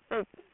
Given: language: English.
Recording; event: throat vibration sensor signal played as sound; speech